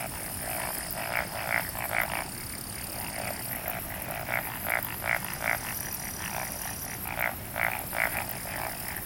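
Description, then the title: Frog chorus where a prominent caller gives evenly spaced croaks in runs of three or four, other frogs calling continuously behind, with a faint high whine. "Summer Japan, Hokkaido. Night Paddy's frogs. 夜の水田のカエル"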